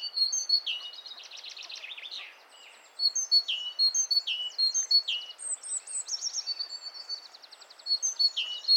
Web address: SETE Parus major